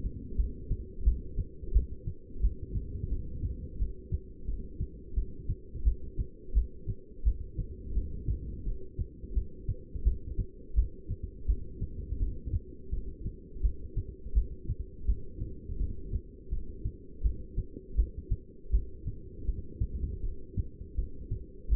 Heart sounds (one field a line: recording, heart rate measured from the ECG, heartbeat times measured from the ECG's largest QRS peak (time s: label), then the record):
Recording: heart sounds by stethoscope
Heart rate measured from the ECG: 84 bpm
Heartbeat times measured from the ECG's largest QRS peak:
0.37 s: heartbeat
1.04 s: heartbeat
1.73 s: heartbeat
2.41 s: heartbeat
3.10 s: heartbeat
3.78 s: heartbeat
4.47 s: heartbeat
5.15 s: heartbeat
5.84 s: heartbeat
6.54 s: heartbeat
7.24 s: heartbeat
7.94 s: heartbeat
8.65 s: heartbeat
9.35 s: heartbeat
10.04 s: heartbeat
10.75 s: heartbeat
11.47 s: heartbeat
12.19 s: heartbeat
12.91 s: heartbeat
13.62 s: heartbeat
14.34 s: heartbeat
15.06 s: heartbeat
15.78 s: heartbeat
16.51 s: heartbeat
17.23 s: heartbeat
17.96 s: heartbeat
18.71 s: heartbeat
19.46 s: heartbeat
20.22 s: heartbeat
20.96 s: heartbeat
21.70 s: heartbeat
From the record:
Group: heart failure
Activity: rest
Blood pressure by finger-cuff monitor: 190/120 mmHg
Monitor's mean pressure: 140 mmHg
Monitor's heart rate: 85 bpm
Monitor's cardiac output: 7.7 L/min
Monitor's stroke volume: 91 mL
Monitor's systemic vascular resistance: 1370 dyn s/cm5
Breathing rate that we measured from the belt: 14 breaths a minute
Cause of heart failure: non-ischemic cardiomyopathy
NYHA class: 1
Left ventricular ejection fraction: 62%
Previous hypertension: present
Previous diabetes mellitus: present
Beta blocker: bisoprolol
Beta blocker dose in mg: 10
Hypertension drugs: sacubitril-valsartan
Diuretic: furosemide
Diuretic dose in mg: 20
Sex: male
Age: 49 years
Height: 167 cm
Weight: 110 kg